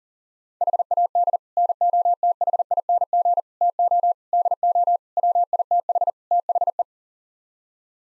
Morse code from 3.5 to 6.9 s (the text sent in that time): TO DO WITH THE